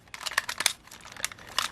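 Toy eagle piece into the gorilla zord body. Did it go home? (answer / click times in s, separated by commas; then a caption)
no / none. A plastic toy eagle zord piece is slid through the gorilla zord body of a combiner toy, making crinkly plastic rubbing and scraping sounds with sharp ticks at 0.4, 0.7 and 1.6 seconds. The clip ends before the eagle locks into the body, so nothing has seated yet.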